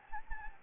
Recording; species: mosquito wingbeat signal from an infrared sensor; Anopheles gambiae